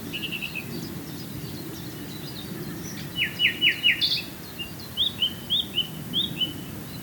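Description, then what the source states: Common nightingale with a brief trill, four emphatic repeated notes, then a measured series of rising whistles spaced evenly; faint low rumble. Swale.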